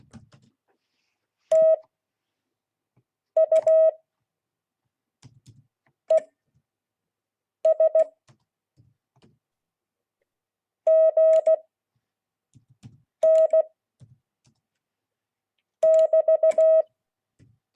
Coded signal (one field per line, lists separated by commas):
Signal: Morse code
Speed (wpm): 16 wpm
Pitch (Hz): 640 Hz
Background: none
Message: TU ES GN <BT>